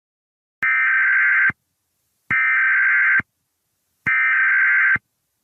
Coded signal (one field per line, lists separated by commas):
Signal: Emergency Alert System (SAME) tones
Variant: header bursts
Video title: EAS Scenario - True Killer